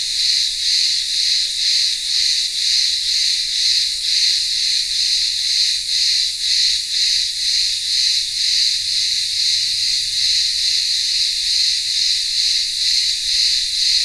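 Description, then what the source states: Cicadas buzzing in a steady high-pitched chorus, rhythmic pulses about twice a second, with very faint low sounds beneath. Cicadas singing in the midday heat in a village town square on the remote Greek island of Ikaria.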